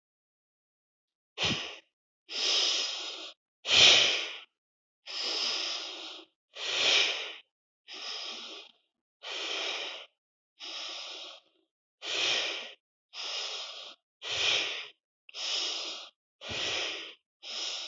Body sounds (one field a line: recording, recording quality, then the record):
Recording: deep breathing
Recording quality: excellent, no background noise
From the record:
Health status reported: healthy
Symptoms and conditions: none ticked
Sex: male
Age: 29 years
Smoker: not ticked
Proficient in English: yes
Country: India